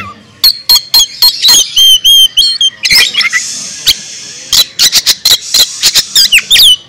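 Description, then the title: Oriental magpie-robin singing a fast jumble of sharp clicks and high, slurred whistles, with a short buzzy stretch midway. National champion contest bird. "Bintang Sektor Kacer"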